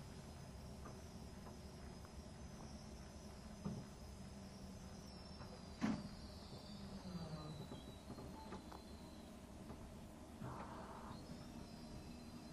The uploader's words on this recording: SBB線 ETR610形 EC311レ 01/01:Zurich HB～Chiasso. In Switzerland, the ETR610 type Eurocity (EC), which is the main tilting vehicle, and the train on the Gotthard Tobasis Tunnel route, which can demonstrate both high speed performance and curve passing performance, are recorded.